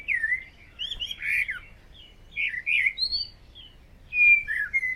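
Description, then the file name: Common blackbird singing mellow, fluty warbled phrases in several bursts, some ending in thin high twitters, with short pauses between phrases. "Turdus merula"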